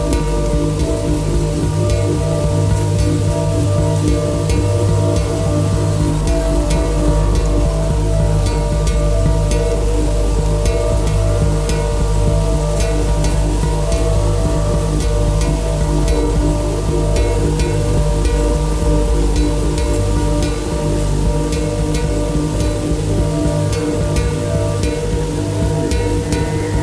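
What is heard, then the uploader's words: An ice machine runs with a steady, dense low hum layered with sustained ringing tones, like a struck pot or rubbed wine glass. Faint wavering pitch swells drift through the middle, and light ticks and patters scatter throughout at an even loudness. Real sound recordings of an Ice machine running, percussion on and old pot from the kitchen, wine glasses and rain in my backyard.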